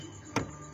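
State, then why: Seated. A RAM module is pressed again into a good DIMM slot on an H61 motherboard, and its latch gives a single sharp click at 0.4 s over a quiet, steady background. The stick is seated and locked fully in place.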